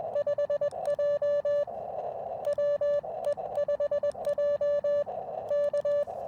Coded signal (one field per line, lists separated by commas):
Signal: Morse code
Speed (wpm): 21 wpm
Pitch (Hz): 580 Hz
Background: radio noise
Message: 5J WE5J K